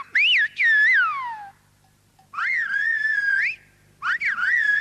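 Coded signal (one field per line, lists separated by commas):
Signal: whistled language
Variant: Silbo Gomero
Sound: three loud gliding whistled phrases rising and falling between about 1 and 3 kHz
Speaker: los teléfonos móviles y las mejores carreteras están acabando con el silbo gomero a pesar de que gentes como sí lo enseñan las escuelas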